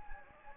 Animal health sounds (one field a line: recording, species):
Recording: mosquito wingbeat signal from an infrared sensor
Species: Anopheles gambiae